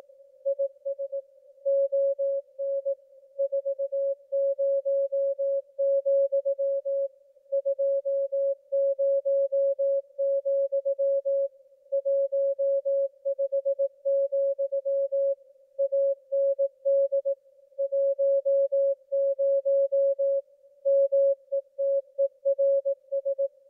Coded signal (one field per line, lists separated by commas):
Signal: Morse code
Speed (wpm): 18 wpm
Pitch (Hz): 550 Hz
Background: music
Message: IS ON 40, 20, 15, AND 10 METERS